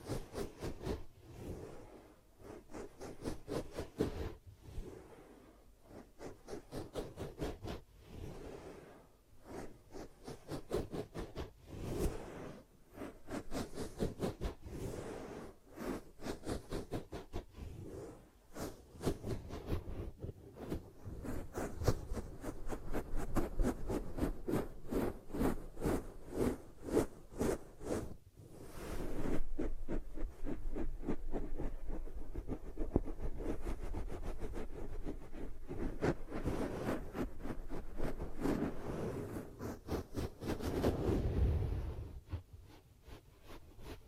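Ear cupping ASMR triggers: dense, rapid rubbing and muffled cupping sounds, mostly low and thumping, shifting in rhythm and intensity throughout.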